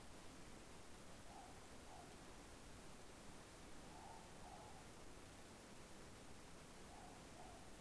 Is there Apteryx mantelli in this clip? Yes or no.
no